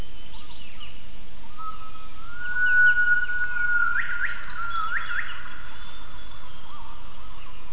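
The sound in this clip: Gibbon giving a clear whistled call: a long, steady, slightly rising tone, then two sharp upward leaps to higher notes, over a constant background hiss.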